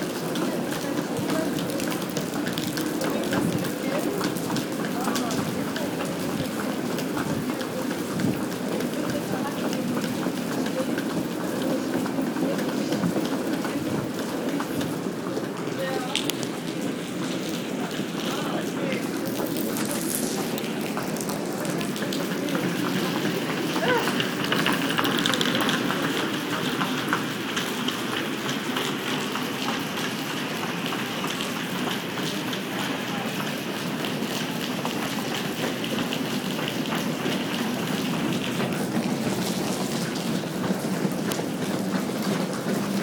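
Ambient sound at a busy site: a steady, dense rushing wash, like rain or traffic, holds at an even level throughout, with faint voices mixed in. Around the middle, a rising whoosh passes, then a thin high whine lingers for several seconds.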